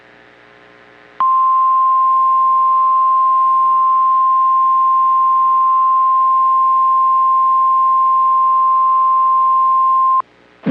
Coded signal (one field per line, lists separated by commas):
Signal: Emergency Alert System (SAME) tones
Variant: 1050 Hz attention tone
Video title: Severe Weather Outbreak: EAS Alerts from Oct 24, 2025 on NOAA Weather Radio station KEC55 and WBAP